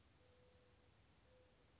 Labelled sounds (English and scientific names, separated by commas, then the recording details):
Mourning Dove (Zenaida macroura)
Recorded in Sonoma County, California